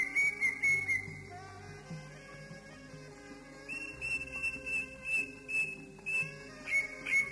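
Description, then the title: Oriental magpie-robin singing high whistled phrases, a quieter pause, then a steady series of bright repeated notes. "Kicau Kacer"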